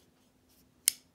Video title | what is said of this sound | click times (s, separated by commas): Unboxing of the Chris Reeve Knives Small Inkosi Micarta Inlay w/ Insingo Blade - first look review | solid click no blade play whatsoever | 0.9 s